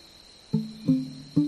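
A cicada drones in a steady, thin, high-pitched buzz from start to finish, while three short, low, tonal pig grunts break in at uneven intervals over it.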